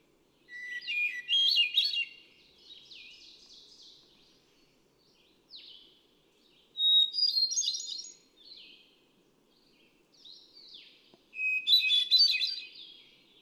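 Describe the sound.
Hermit thrush song repeated three times, several seconds apart, each phrase starting on a different pitch, with faint lingering notes between.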